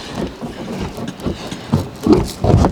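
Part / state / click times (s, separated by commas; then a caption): wall latch on a folding camping trailer / seated / 1.7 s, 2.6 s. A wall latch inside a folding camping trailer is fastened to hold a wall panel in place, with two sharp snaps at 1.7 s and 2.6 s over a background of low rustling and handling thumps. The latch snaps closed and seats.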